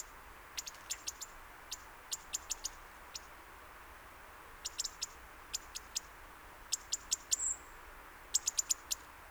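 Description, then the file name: European robin tick calls, sharp high clicks in short bursts, repeated throughout, with one brief thin high note near the end over faint hiss. "Erithacus rubecula"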